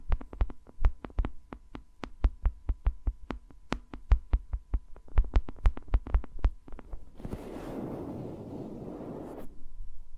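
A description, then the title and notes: Fingers tap rapidly and steadily on microphones for about seven seconds, thumping like a heartbeat, then give way to three seconds of rough rubbing. ASMR with Mics Around My Fingers (No Talking).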